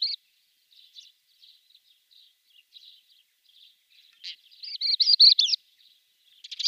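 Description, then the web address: Pied wheatear song: soft, scattered chattering notes building into a loud burst of warbled, rising and falling whistles near the end. "Schulze Peter Pied Wheatear song"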